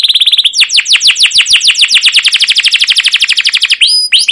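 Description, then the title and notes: Canary song: a fast rolling trill of high, sharply descending chirps, a steady buzzy note opening it and a few bright whistled notes near the end. Caged canary song used as a lure and tutor for young canaries learning sounds; long, continuous chirping-and-rolling style called cuit cuit ngerol, gacor panjang. "CUIT CUIT NGEROL LANGSUNG GACOR PANJANG Kenari Ini AMPUH Utk Pancingan KENAR. PANCINGAN Kenari GACOR PANJANG Cuit CUIT EMOSI ini AMPUH utk MASTERAN Kenari PAUD belajar BUNYI. burung kenari"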